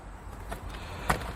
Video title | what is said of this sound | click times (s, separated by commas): etrailer - Redarc Tow-Pro Elite Trailer Brake Controller Installation - 2018 Toyota 4Runner | once we hear it click we'll just come on the outside here | 1.1 s